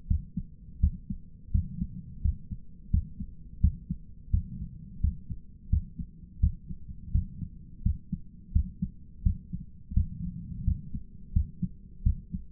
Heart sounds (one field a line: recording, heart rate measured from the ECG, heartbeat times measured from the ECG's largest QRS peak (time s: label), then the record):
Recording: heart sounds by stethoscope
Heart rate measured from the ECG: 85 bpm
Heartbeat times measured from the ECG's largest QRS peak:
0.07 s: heartbeat
0.79 s: heartbeat
1.51 s: heartbeat
2.21 s: heartbeat
2.90 s: heartbeat
3.60 s: heartbeat
4.30 s: heartbeat
5.00 s: heartbeat
5.69 s: heartbeat
6.39 s: heartbeat
7.11 s: heartbeat
7.82 s: heartbeat
8.52 s: heartbeat
9.22 s: heartbeat
9.93 s: heartbeat
10.63 s: heartbeat
11.32 s: heartbeat
12.02 s: heartbeat
From the record:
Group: healthy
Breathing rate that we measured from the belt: 22 breaths a minute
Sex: male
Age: 57 years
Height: 188 cm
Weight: 106 kg